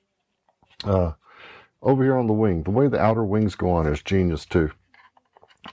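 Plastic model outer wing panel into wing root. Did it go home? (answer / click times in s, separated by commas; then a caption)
yes / 5.7 s. The outer wing panel of a 1/48 MENG F-4E plastic model jet is pressed onto the wing root while someone talks, followed by a few faint small clicks. A sharp snap at 5.7 s marks the panel seating firmly in place.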